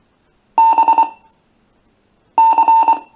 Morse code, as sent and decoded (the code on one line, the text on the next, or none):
-... / -.-.
B C